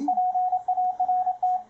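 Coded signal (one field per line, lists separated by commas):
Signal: Morse code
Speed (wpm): 28 wpm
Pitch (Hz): 730 Hz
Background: radio noise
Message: PART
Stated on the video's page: CW from a Ten-Tec Paragon 585 transceiver during a zero-beat demonstration.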